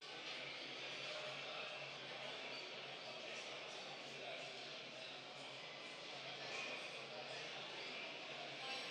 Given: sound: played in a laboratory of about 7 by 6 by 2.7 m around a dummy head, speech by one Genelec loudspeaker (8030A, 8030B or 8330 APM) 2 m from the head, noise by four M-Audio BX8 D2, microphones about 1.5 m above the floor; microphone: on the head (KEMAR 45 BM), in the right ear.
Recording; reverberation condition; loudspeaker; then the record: cafeteria noise; high; four, about 170 cm from the corners of the room and facing them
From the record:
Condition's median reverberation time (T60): about 1300 ms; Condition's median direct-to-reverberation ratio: about -4.0 dB